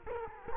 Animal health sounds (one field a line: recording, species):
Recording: mosquito wingbeat signal from an infrared sensor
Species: Culex quinquefasciatus